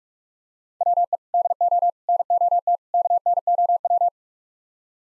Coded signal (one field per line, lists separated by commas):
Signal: Morse code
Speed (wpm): 49 wpm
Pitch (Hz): 700 Hz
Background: none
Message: WE DO NOT KNOW